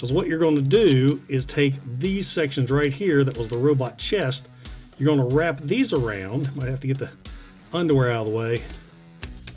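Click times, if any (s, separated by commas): 9.2 s, 9.5 s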